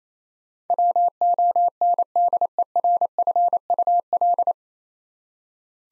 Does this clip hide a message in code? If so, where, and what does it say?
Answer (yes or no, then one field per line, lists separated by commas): yes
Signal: Morse code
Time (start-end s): 0.7-4.5 s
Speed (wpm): 28 wpm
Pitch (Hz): 700 Hz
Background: none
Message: WONDERFUL